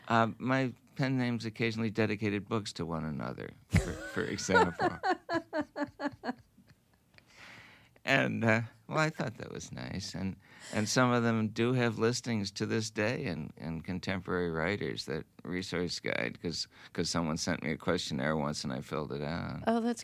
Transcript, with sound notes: My pen names occasionally dedicated books to one another, for example.
(laughs)
And -- well, I thought that was nice. And some of them do have listings to this day in "Contemporary Writers," that resource guide, because someone sent me a questionnaire once and I filled it out.